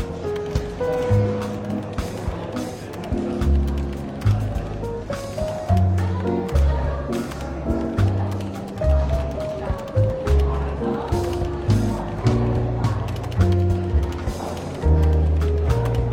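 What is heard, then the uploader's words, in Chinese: Soft jazz plays through a lightly bustling bookshop café, with a walking bass line and mellow chords moving steadily under a gentle melody. Murmured voices and small clinks sit behind the music, and the loudness rises and dips in regular phrases. 伦敦书店咖啡馆轻微喧闹氛围与柔和轻松的爵士背景音乐。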